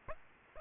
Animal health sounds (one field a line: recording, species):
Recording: mosquito wingbeat signal from an infrared sensor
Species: Aedes aegypti